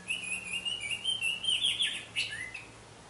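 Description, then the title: Orange-headed thrush song, one warbled phrase of sliding whistles and chirps, rising slightly and then falling away. "Anis Merah"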